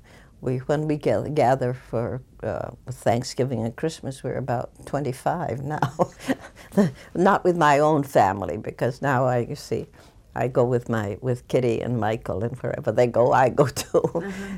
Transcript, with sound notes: we, when we gather for Thanksgiving and Christmas we're about twenty-five now. (She laughs.) Not with my own family, because now I, see, I got with my Kitty and Michael, and wherever they go I go, too.